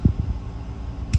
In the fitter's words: it clicks. So these are both good to go.